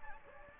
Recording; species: mosquito wingbeat signal from an infrared sensor; Anopheles gambiae